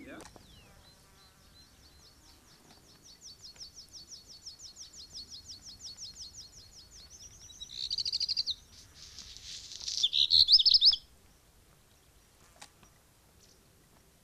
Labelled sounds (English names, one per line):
Black Redstart song